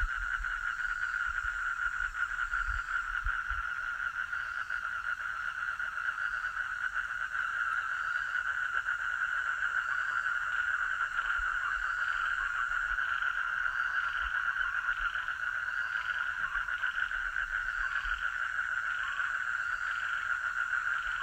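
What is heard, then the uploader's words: A dense, unbroken chorus of jungle frogs at night trills steadily in a bright middle band, with faint higher calls pulsing regularly above. Grenouille jungle - Cat Ba - 23h Vietnam.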